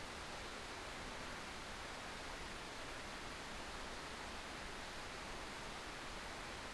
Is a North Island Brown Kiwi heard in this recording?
no